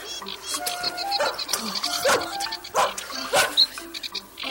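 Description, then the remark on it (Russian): A large dog barks several times in irregular, loud bursts, with low-pitched, gruff tones, over a busy background of faint voices and other noise. “Ух ты, какая собака большая.”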